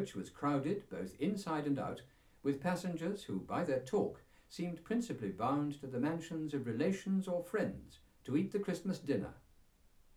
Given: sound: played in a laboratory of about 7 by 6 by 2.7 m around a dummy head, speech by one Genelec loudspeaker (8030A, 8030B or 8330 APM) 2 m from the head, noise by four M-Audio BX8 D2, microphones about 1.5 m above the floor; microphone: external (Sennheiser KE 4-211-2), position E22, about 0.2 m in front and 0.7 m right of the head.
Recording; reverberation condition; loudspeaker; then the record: male speech in English; low; 60 degrees to the left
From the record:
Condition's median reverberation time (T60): about 310 ms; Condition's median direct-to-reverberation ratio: about 3.5 dB